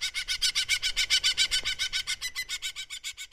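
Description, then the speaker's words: New Zealand falcon call: a fast, harsh chattering series of evenly spaced notes. Female; call heard in vineyards in Marlborough and the Wairarapa, New Zealand, where falcons were introduced to hunt small grape-eating birds. "That's the call of a female New Zealand falcon, and it's one you'll hear in some vineyards in Marlborough and the Wairarapa."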